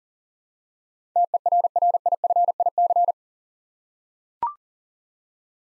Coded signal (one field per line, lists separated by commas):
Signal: Morse code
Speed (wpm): 38 wpm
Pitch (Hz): 700 Hz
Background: none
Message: TERRIFIC